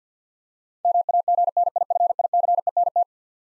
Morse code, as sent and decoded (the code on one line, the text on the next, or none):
-- .- --. -. .. ..-. .. -.-. . -. -
MAGNIFICENT